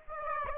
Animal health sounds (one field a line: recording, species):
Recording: mosquito wingbeat signal from an infrared sensor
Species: Aedes aegypti